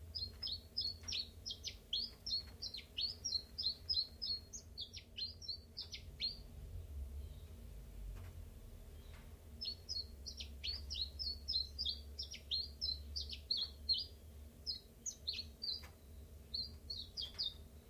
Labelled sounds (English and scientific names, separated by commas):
Common Chiffchaff (Phylloscopus collybita)